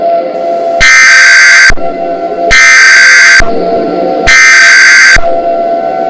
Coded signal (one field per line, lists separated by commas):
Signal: Emergency Alert System (SAME) tones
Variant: header bursts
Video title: EAS Scenario: The Battle Royale of the Greek Gods